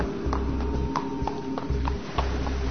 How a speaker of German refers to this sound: Da ist wieder das Pferd. Das Geräusch der Pferdehufe muss durch eine Felsspalte in die Höhle gedrungen sein.